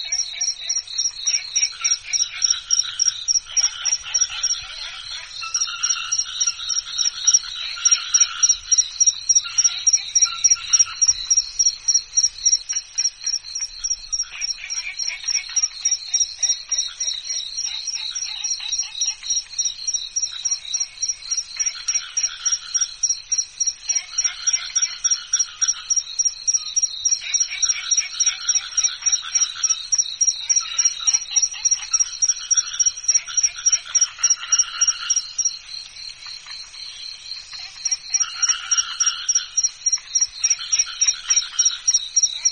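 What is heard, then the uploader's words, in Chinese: Crickets by a pond trill in a dense, steady chorus of high pulsing chirps, with busier bursts of mid-pitched calls coming and going throughout. 池塘边的蟋蟀 频率2次 大自然声音。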